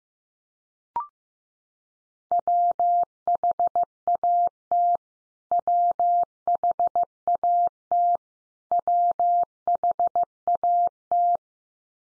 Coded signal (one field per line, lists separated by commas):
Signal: Morse code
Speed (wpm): 14 wpm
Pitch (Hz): 700 Hz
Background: none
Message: WHAT WHAT WHAT